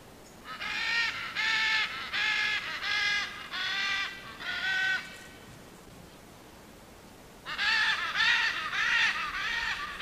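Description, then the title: Great green macaw giving loud, harsh, raspy squawks in quick succession, then a pause before another burst of rough calls. Calling sound used to attract other parrots. "Pavanegra. Guacamaya Verde Limón Cantando Sonido para Llamar"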